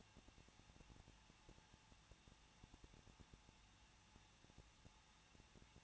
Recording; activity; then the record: daily activity, microphone in the room; no activity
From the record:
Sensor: 1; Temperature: 20.1 degrees Celsius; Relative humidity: 39.1%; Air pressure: 1006.3 hPa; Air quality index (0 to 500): 217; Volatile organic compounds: 76 ppm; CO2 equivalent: 3572 ppm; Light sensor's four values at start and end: 1/2/1/1 and 1/2/1/1